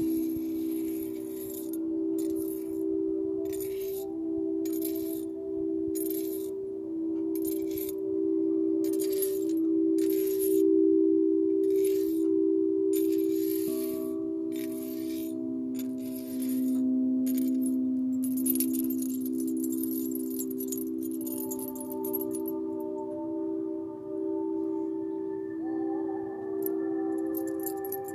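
Tibetan singing bowls ring in a steady, sustained low hum throughout, with a second bowl tone entering around the middle and higher tones layering in later. Over this, a bracelet jangles in bright, rhythmic metallic bursts, thinning out after about twenty seconds.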